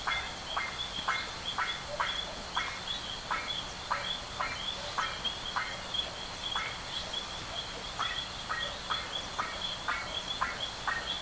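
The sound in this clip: Bird calls: a steady stream of short, husky notes repeated about every third of a second, with a brief pause midway.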